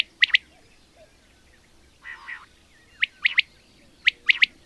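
Common quail call: short, sharp, high notes in quick groups of two or three, repeated after pauses, over faint background hiss.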